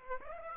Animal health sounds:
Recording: mosquito wingbeat signal from an infrared sensor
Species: Aedes aegypti

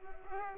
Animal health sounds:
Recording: mosquito wingbeat signal from an infrared sensor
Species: Culex pipiens

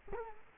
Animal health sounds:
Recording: mosquito wingbeat signal from an infrared sensor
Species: Culex quinquefasciatus

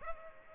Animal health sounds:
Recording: mosquito wingbeat signal from an infrared sensor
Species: Culex pipiens

